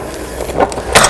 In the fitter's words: making sure you hear it click